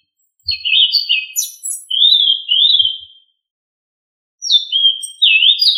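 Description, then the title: Thrush singing clear, fluty whistled phrases that rise and fall, with a pause of about a second between the two song bursts. "Familia Turdidae - Sabia"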